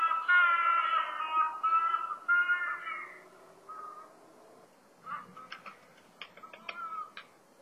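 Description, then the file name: Crested ibis uttering a long, loud, nasal, wailing call, followed by quieter broken notes and several short, sharp, harsh calls. Recorded on Sado, Japan. "toki sadonegura"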